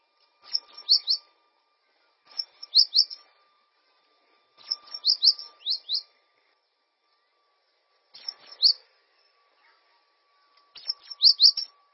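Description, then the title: Bird song: brief clusters of bright, high chirps repeat every few seconds, five phrases in all, with quiet gaps between. "LuckyPassaro Completos2Sama"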